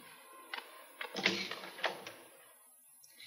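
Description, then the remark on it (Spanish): A door is opened: a few sharp clicks and a latch rattle, then a heavier clunk and a couple of scraping knocks, fairly quiet, with no voices. “Sí, soy yo. Abre la puerta.”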